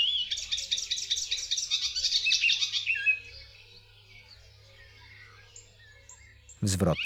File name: Zaganiacz